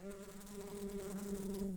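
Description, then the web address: Bumblebee buzzing: a soft, steady, low hum that holds an even pitch for almost two seconds, with faint background hiss. Worker bees. "Humilis workers"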